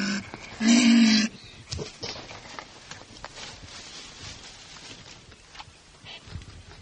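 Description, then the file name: Marten giving one loud, buzzy, harmonic cry lasting about half a second, followed by quiet clicks and faint rustling. "kuna"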